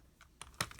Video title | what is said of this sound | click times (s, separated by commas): Tomica Hyper Rescue Drive Head Support Vehicle Active Offloader Review | you want to pull this out that will snap into place and then | 0.6 s